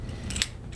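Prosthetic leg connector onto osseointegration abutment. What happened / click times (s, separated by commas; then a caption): The metal connector snapped onto its mount / 0.4 s. A prosthetic leg's metal connector device is pushed onto the metal taper base and bushing (abutment) of a bone-anchored implant, before the bolt is tightened. Brief metallic scraping at about 0.3 s leads into a sharp, bright click at 0.4 s as the connector pops in and seats. A faint low rumble runs underneath throughout.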